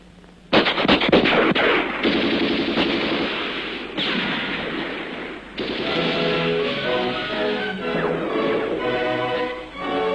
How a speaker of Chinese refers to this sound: 敌人的枪声现在却成了祝贺起义成功的鞭炮。